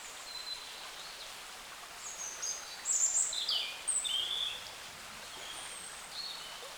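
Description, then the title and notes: High bird song: thin whistles and fast twittered notes, loudest in the middle, with faint calls before and after over gentle hiss. Wild birds in forest along a small branch of the Dordogne at the exit of Carennac, France; recorded with a Zoom H5 and XYH-5 microphone. "Carennac - Oiseaux de la Dordogne. Oiseaux Loire forêt Carennac. A la sortie de Carennac, le long d'un petit bras de la Dordogne, les oiseaux dans la forêt"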